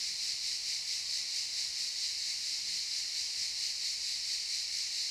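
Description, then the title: Cicadas chorus in a steady, dense buzzing hiss, high-pitched and continuous, with a faint regular pulsing throb throughout. Cicadas in the pine forest of a campsite at Albinia, Grosseto, Tuscany, Italy. "Camping Africa, Via Aurelia, Albinia, Grosseto, Toscana, , Italia - Cicale nel campeggio"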